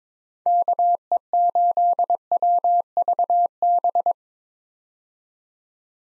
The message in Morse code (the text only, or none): KE8WVB